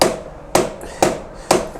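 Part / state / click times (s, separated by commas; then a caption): headset bearing race into bike frame head tube / seated / 0.0 s, 0.6 s, 1.0 s, 1.5 s. A headset bearing cup/race is driven into the head tube of a Sur Ron electric bike frame with square hammer blows. Four sharp metallic strikes land at 0.0, 0.6, 1.0 and 1.5 seconds, each ringing and fading before the next. The race seats fully home, and the note of the strikes changes once it is seated.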